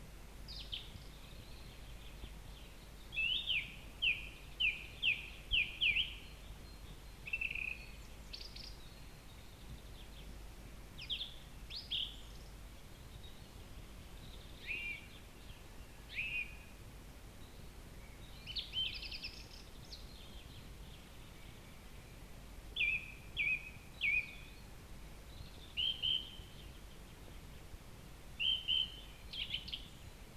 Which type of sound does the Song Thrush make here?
song